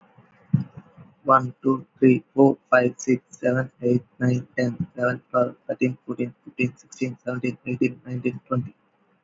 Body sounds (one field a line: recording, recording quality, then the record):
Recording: counting at a fast pace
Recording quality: excellent, no background noise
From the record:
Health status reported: healthy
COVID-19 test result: not tested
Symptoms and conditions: none ticked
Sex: male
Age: 28 years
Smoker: not ticked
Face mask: not worn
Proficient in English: yes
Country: India